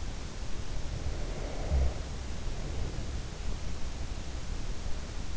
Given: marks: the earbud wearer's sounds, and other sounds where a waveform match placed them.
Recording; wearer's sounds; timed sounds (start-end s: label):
sounds in sleep by an in-ear microphone; breath
0.38-3.82 s: breath